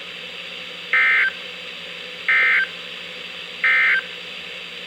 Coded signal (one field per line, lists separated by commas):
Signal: Emergency Alert System (SAME) tones